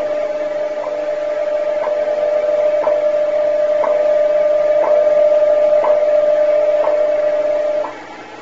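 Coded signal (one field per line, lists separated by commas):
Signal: radio time signal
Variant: WWV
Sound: steady 600 Hz tone interrupted by short clicks once per second over shortwave hiss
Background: radio static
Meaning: Ticks mark each second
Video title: January 21, 1972 video of WWV time signal (shortwave radio)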